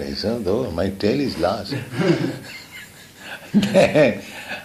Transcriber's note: laughs